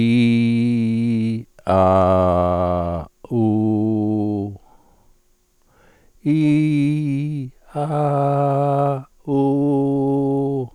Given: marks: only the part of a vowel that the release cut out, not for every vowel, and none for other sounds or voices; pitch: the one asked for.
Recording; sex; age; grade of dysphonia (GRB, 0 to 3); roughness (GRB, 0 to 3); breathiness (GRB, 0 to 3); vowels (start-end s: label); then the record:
sustained vowels; male; 60 to 69 years; 2; 1; 1
0.00-1.20 s: vowel /i/, normal pitch
1.77-2.81 s: vowel /a/, normal pitch
3.38-4.38 s: vowel /u/, normal pitch
6.35-7.26 s: vowel /i/, high pitch
7.95-8.90 s: vowel /a/, high pitch
9.38-10.51 s: vowel /u/, high pitch
From the record:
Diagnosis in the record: dysarthrophonia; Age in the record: 65 years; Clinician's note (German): Z.B. ALS